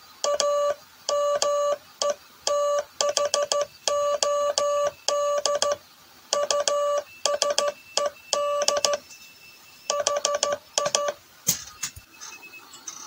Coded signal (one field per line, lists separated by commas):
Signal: Morse code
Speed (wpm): 13 wpm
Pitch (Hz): 580 Hz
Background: none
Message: A METHOD USED HI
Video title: Twaalf seinsleutels / Twelve Morse Keys